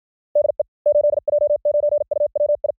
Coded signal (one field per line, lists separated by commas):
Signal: Morse code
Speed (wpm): 56 wpm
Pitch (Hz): 590 Hz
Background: none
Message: DE 8J9UWI